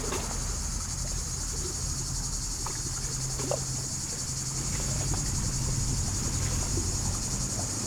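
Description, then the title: Cicadas keep up an unbroken, hissing high buzz over a low traffic drone. Cicadas very active in poplars at the water's edge of Lac du Bourget, France, on a hot summer day; road traffic nearby. "Chem. de la Fontaine, Brison-Saint-Innocent, France - Les cigales"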